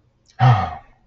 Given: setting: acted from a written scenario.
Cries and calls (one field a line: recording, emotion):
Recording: vocal sound without words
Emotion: fear